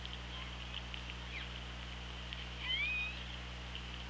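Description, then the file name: Orca call, one short upswept harmonic whine near the end, preceded by faint scattered clicks against steady low background hum. Recorded on the OrcaLab hydrophone, 24 August 2017 at 16:56. "Orca Lab UTLN JASON 20170824 165633"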